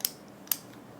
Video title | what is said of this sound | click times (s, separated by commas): Insulin Multiple Daily Injection Therapy for Type 1 Diabetics | it basically can hear two clicks and then the count is on Two | 0.0 s, 0.5 s